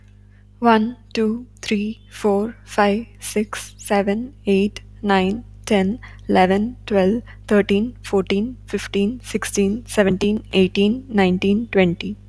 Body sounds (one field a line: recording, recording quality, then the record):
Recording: counting at a normal pace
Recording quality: moderate, slight background noise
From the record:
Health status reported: healthy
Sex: female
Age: 28 years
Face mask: not worn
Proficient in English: yes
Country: India